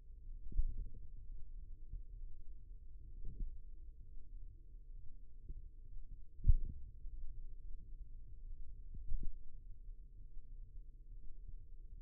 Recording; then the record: forearm muscle sounds (acoustic myography)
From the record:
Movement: finger pinch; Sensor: system 2, bracelet of six BSWA MPA416 microphones around the upper forearm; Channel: 4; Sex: male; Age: 22 years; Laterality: right